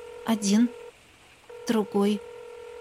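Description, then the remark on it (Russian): A phone line purrs with a steady, mid-pitched ringback tone in two long bursts separated by a short pause, while a voice-like sound sweeps over each burst, as a call is placed from a handheld phone. “Телефон дрожал в руке, пока я непослушными пальцами искала номер Софи. Гудки.”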